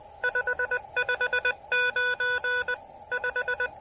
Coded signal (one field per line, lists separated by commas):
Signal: Morse code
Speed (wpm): 20 wpm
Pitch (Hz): 1480 Hz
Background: none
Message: 559 5